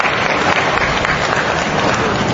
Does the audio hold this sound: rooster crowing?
no